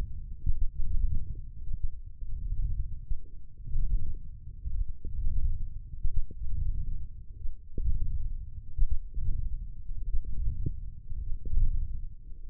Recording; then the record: forearm muscle sounds (acoustic myography)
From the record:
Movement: wrist flexion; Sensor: system 1, eight BSWA MPA416 microphones around the upper forearm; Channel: 2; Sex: male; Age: 21 years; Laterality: right